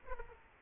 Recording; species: mosquito wingbeat signal from an infrared sensor; Aedes aegypti